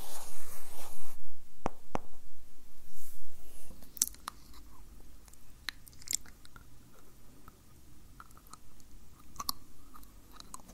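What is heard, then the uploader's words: Drawing on an iPad: a burst of scratchy rustling opens the first second, then a louder, rounded rubbing stretch runs until about four seconds. After that it settles into quiet strokes broken by crisp stylus taps and clicks every second or so. ASMR Drawing You on an iPad ~ Personal Attention.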